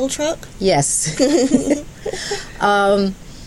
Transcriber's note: laughs